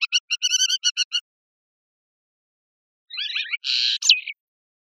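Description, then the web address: Capped wheatear giving a quick run of several clipped, harmonic chattering notes, then a silent gap and a harsher, buzzy, scratchy burst with a rough noisy note. "Capped wheatear. صدای-پرنده-چکچک-کلاهدار"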